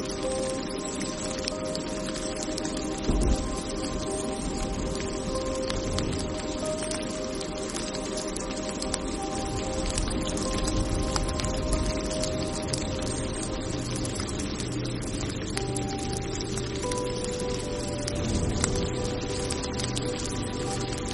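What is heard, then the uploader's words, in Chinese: Light rain patters steadily on leaves, a dense spray of small, quick drops ticking throughout. A low rumble and a few faint steady tones sit underneath, and a louder knock stands out around three seconds in. 助眠雷雨声 树叶上的小雨。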